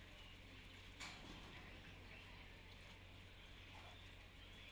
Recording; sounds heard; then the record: poultry house recording; healthy chickens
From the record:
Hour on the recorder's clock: 10